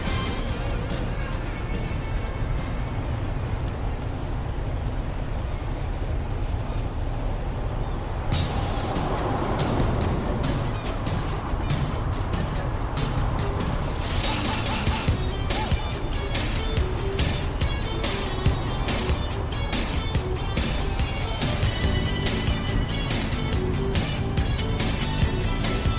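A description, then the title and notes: A car's steady engine rumble runs throughout, with waves washing against the coast and, after about eight seconds, dense radio crackle and rapid clicking. An 80s Summer Drive. This video includes the sounds of distant waves against the coast you're driving along, with the crackle of the radio and the rather comforting sounds of the vehicle around you.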